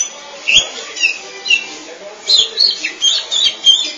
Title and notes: Suara Kicauan Burung Kacer Durasi Panjang. Suara kicauan burung kacer format mp3 durasi panjang